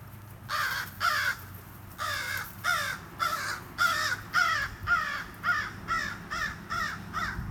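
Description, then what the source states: American crow calling: a long run of harsh, nasal caws, roughly two per second, in uneven bursts with short gaps, over a low rumbling background. Family group of seven crows in town, one calling the group; county park, Trenton, Gilchrist County; fairly open area with many large oaks and pines.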